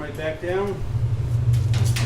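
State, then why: Seated. Someone talks as the sheet metal top cover of a Whirlpool dryer, removed for a belt replacement, is lowered back down onto the dryer cabinet and pressed until its clips engage, over a steady low hum. Two sharp snaps at 1.7 s and 2.0 s mark the cover snapping into place, seated.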